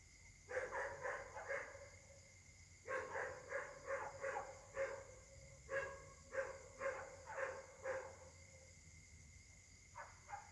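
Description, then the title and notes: Dog barking in rapid runs of several barks, resting briefly between runs, over a constant high drone. Dogs barking together at night in Caltex, Trois-Mares, Réunion; recorded on a Samsung Galaxy S8 smartphone whose left microphone tends to be clogged. "Caltex, 3 mares, Réunion. La nuit s'annonce difficile pour les habitants: concert de chiens"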